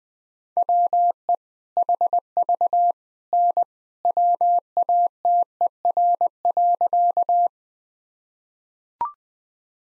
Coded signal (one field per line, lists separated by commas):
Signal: Morse code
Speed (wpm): 21 wpm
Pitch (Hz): 700 Hz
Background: none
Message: WE HV N WATER.